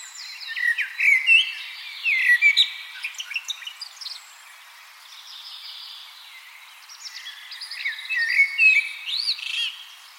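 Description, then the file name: Common blackbird song with mellow fluted phrases in bursts near the start and end, broken by a softer stretch of thin twittering. "Turdus merula"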